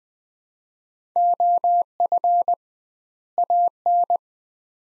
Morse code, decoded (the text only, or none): OF AN